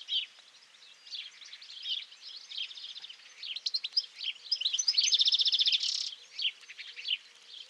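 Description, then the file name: European goldfinch twittering song, bright scratchy chirps with a rattling buzzy trill midway. "Carduelis carduelis"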